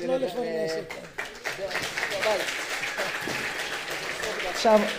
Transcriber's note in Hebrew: מחיאות כפיים